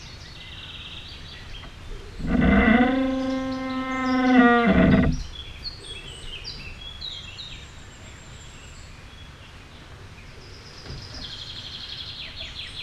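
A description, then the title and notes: A young tree bends in the wind, giving one long, loud creaking groan from about two to five seconds, a steady low tone that wavers near its end. Afterward, quieter air remains, with scattered bright bird chirps and tweets. Made with 3 field-recordings mixed in 1. The bending of a young tree with the wind, recorded with contact mics.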